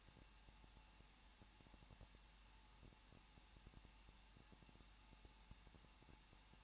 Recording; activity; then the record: daily activity, microphone in the room; no activity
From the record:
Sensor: 1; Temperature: 20.1 degrees Celsius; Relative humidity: 39.1%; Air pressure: 1006.5 hPa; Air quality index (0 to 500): 216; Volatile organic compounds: 72 ppm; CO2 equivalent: 3541 ppm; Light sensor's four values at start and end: 1/2/1/1 and 1/2/1/1